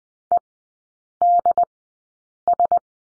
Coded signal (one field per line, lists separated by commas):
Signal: Morse code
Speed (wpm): 20 wpm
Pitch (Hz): 700 Hz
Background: none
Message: EDS